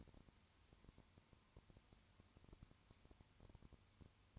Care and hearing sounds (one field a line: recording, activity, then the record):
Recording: daily activity, microphone in the room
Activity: no activity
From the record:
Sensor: 2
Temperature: 20.3 degrees Celsius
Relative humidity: 35.6%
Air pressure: 1000.9 hPa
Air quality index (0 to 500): 196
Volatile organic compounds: 5 ppm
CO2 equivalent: 1729 ppm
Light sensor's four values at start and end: 2/3/2/2 and 2/3/2/2